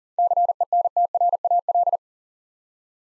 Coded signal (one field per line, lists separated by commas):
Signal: Morse code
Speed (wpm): 39 wpm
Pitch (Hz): 700 Hz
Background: none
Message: CENTRAL